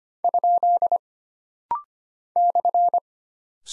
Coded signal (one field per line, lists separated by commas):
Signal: Morse code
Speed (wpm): 25 wpm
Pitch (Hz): 700 Hz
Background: none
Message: ? /